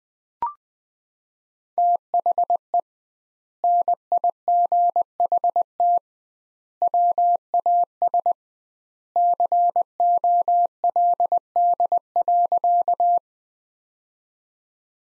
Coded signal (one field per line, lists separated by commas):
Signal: Morse code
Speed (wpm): 20 wpm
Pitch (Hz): 700 Hz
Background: none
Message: THE NIGHT WAS COLD.